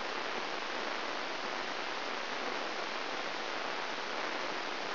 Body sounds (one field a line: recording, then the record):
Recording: brain microelectrode recording played as sound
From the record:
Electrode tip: inside the subthalamic nucleus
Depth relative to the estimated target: 3.5 mm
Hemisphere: right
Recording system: AlphaMap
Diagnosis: Parkinson's disease